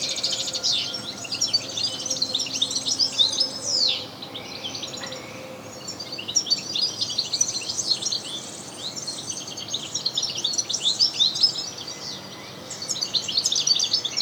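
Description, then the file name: European goldfinch song in long bursts of rapid tinkling twitters and buzzy rattles, with a pause of about two seconds before resuming and a shorter break near the end. "Carduelis carduelis"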